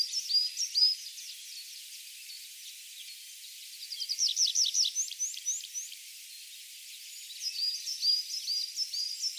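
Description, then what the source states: Tree pipit song in bursts: high downward-sliding notes repeated in quick series, separated by short pauses, with a louder run of notes midway. Recorded on 23 April 2013.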